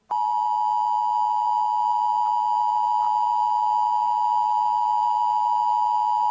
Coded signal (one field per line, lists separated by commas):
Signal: Emergency Alert System (SAME) tones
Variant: 853 and 960 Hz attention tone